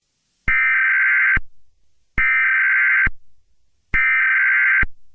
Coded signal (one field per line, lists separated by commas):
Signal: Emergency Alert System (SAME) tones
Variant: header bursts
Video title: EAS scenario blue moon remastered PREVIEW 2